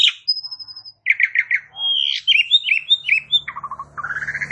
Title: Bunyi Jalak Suren